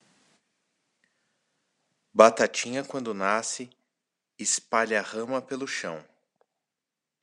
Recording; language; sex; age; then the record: short text; Brazilian Portuguese; male; 30 to 39 years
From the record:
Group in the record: control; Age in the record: 35 years